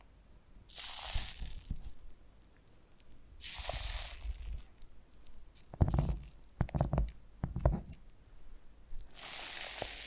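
Foam being rubbed and massaged, with long bright, hissing swishes around one, four and nine seconds. Between them, the middle stretch turns to irregular crunching and squeezing pops with soft low thumps, and quiet pauses separate the strokes.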